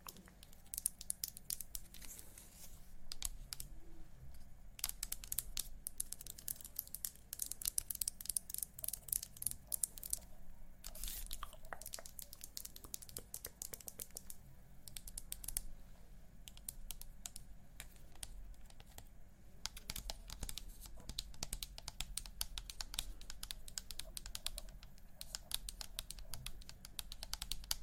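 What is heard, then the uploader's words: Rapid tapping of nails on a hard lens surface, with dense bursts of crisp, bright clicks that rarely pause across the whole stretch. The taps vary in speed and grouping, sounding almost like keyboard typing, over a low steady hum. ASMR Tingly Lens Tapping, Plucking & Nail Tapping.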